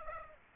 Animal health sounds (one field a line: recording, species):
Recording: mosquito wingbeat signal from an infrared sensor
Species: Aedes aegypti